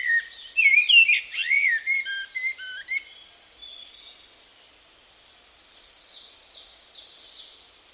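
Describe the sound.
Bird calls: a burst of whistled, slurred chirps in the first three seconds, then quieter high notes after a pause.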